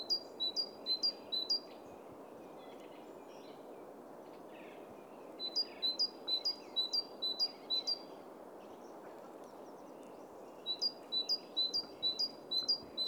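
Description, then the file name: Great tit singing sharp, high two-syllable phrases in quick series, three separate bursts with silent gaps, against constant low-pitched background noise. "Parus major"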